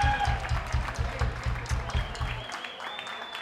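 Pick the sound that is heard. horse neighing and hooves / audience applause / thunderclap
audience applause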